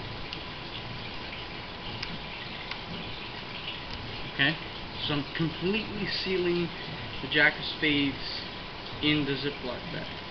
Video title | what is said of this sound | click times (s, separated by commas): Magic Friday Vlog Day: 18 | I'm actually going to seal this up right over here if you listen closely you hear the popping | 0.3 s, 2.0 s, 2.7 s